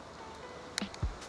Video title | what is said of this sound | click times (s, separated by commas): Ulanzi TT38 vs MT-68 - Which is the better $50 Vlogging Tripod? | you will be able to hear a click. | 0.8 s